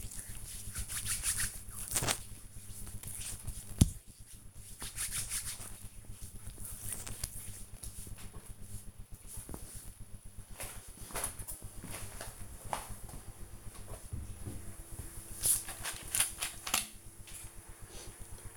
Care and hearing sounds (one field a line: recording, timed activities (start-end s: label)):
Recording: household activities, microphone on the right wrist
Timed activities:
0.00-7.87 s: cream hands
12.91-18.57 s: drinking